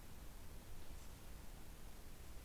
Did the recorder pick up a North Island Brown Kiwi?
no